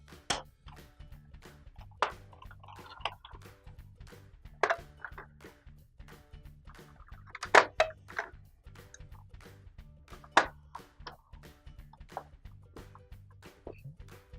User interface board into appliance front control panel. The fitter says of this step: then once everything snapped back in we'll just take a look at the front right here make